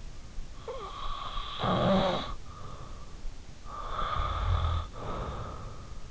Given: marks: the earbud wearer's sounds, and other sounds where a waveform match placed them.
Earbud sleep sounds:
sounds in sleep by an in-ear microphone; snoring breath
0.50-2.90 s: snoring breath
3.47-5.87 s: snoring breath

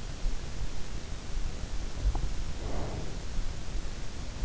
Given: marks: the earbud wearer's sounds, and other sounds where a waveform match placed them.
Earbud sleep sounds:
sounds in sleep by an in-ear microphone; breath
2.32-3.10 s: breath

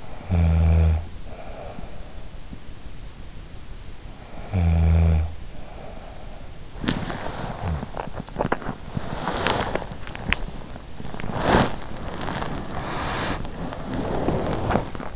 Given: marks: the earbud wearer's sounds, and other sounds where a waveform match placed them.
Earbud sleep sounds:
sounds in sleep by an in-ear microphone; snoring breath, body movement
0.00-1.93 s: snoring breath
4.18-6.46 s: snoring breath
6.63-15.16 s: body movement

